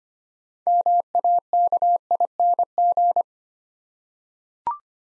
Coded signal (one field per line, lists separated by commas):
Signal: Morse code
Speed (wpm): 25 wpm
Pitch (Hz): 700 Hz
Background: none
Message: MAKING